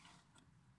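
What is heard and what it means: A large plastic wiring harness connector is handled as it is pushed back toward the engine control unit, with faint mechanical handling sounds and a brief sharp tick around 0.4 s. Nothing has seated or clicked yet, because the clip ends just before the connector goes home.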